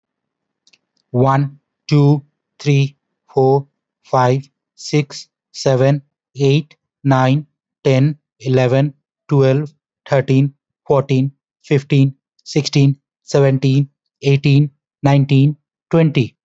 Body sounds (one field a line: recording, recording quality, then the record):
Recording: counting at a normal pace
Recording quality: excellent, no background noise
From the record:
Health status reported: healthy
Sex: male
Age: 29 years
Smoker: yes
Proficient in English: yes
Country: India